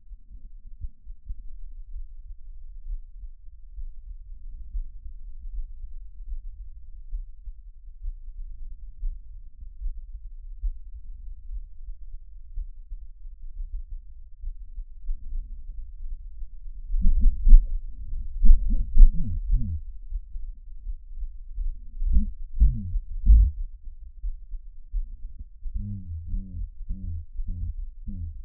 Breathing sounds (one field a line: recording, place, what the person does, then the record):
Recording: lung sounds by stethoscope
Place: trachea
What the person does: quiet breathing, then cough and speech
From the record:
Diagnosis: none (healthy)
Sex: male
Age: 34 years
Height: 174 cm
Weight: 93 kg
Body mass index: 30.7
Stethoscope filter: bell mode